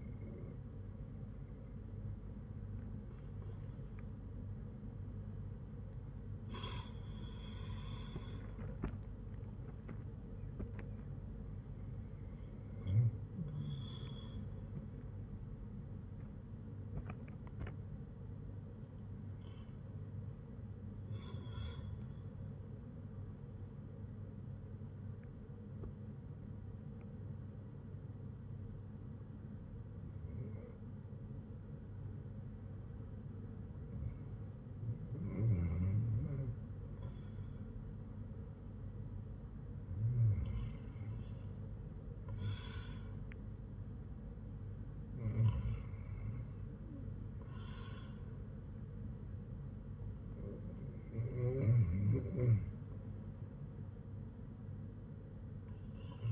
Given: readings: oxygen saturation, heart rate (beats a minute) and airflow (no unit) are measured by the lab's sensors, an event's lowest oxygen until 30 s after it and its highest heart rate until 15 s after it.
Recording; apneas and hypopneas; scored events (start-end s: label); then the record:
breathing in sleep by a smartphone at the bedside; 1
17.00-42.10 s: hypopnea (N1, oxygen 98% highest, then 94% lowest, heart rate 56 at the start, 58 highest)
28.00-56.31 s: new sleep stage, REM sleep
From the record:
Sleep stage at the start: N1 (lightest sleep); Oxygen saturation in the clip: 97 to 98%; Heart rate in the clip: 54 to 60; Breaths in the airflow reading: 9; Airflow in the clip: -6.3 to 8.3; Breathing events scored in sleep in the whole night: 182 in 7.4 hours asleep